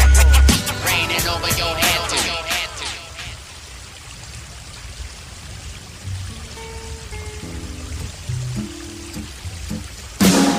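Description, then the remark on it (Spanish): Rain falls in a steady, even hiss throughout, with a burst of bright musical tones at the start and a few soft tonal notes drifting in over the downpour later on. “Vuelve a llover.”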